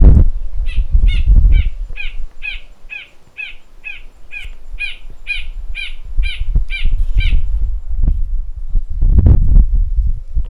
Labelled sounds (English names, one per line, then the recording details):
Spot-flanked Barbet
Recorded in northern Uganda